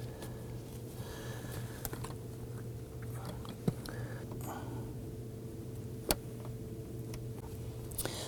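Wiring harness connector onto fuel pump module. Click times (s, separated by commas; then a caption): 6.1 s. A plastic wiring harness connector is lined up and pushed onto the fuel pump module of a 2003-2014 Volvo XC90 3.2L L6 until it locks in place. A sharp click at 6.1 s marks the connector seating, with a few fainter ticks around 1.9, 3.9 and 8.0 s over a steady low hum.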